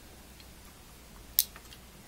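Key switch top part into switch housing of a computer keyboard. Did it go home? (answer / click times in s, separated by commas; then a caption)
yes / 1.4 s. The top part of a key switch from a TRS-80 Model III computer keyboard is pressed back onto its plastic switch housing during reassembly. It snaps into place with one sharp click at 1.4 s, followed by a faint tick at 1.6 s, and the top is seated.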